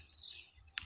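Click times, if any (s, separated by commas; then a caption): 0.8 s. The sliding hub lock on the centre pole of a folding umbrella fish trap is pulled along the pole until it locks. Faint high chirping sits in the background before a single sharp click at 0.8 s. The lock is seated.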